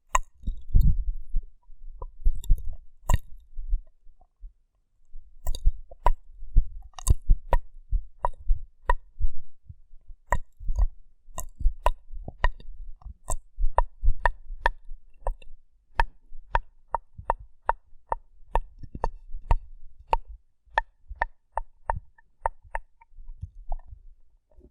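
Rough brain cleaning and picking: a run of short wet squelches, clicks and crisp snaps, mostly irregular with brief pauses near two and five seconds. Later the snaps come faster and more regular, with soft low thuds and a dull rumble underneath.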